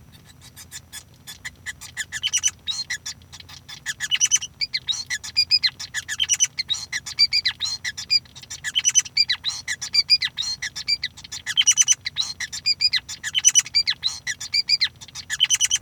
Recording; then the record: song of a male Bengalese finch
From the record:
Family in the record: son of father 5